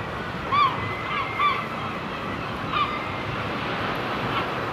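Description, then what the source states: Gull calls, a few clear short mewing cries, then fainter calls, over steady surf noise. Seagulls on the shore.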